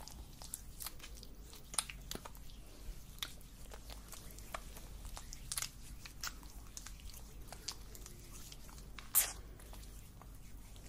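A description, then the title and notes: Scalp massage sounds with dense, soft scratching and rubbing, broken by frequent short crackles and crisp clicks spread irregularly through the clip. A steady low hum sits underneath, and one sharper, louder click stands out near the nine-second mark. ASMR Massaging your Scalp - Layered Sounds & Personal Attention.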